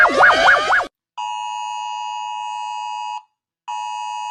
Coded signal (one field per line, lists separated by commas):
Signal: Emergency Alert System (SAME) tones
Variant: 853 and 960 Hz attention tone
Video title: People are rating EAS alarms, so I decided to rate them too (TW: ALARMS)